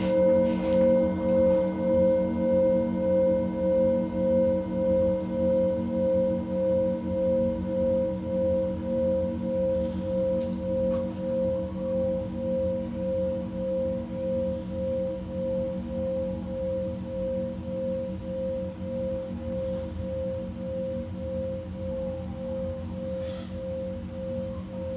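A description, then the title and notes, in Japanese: A singing bowl rings with a steady, sustained tone for the full length, its pitch holding constant while a gentle wavering pulse beats through it. Deep low hum and a few fainter higher overtones sit underneath, and the volume eases down slightly toward the end. メキシコから シンギングボウルのサウンドヒーリング。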